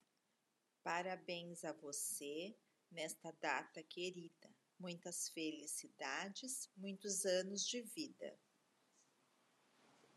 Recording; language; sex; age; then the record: short text; Brazilian Portuguese; female; 50 to 59 years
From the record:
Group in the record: control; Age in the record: 53 years